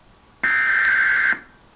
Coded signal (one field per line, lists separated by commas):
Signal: Emergency Alert System (SAME) tones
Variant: header bursts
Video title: The history of the emergency alert systems (eas)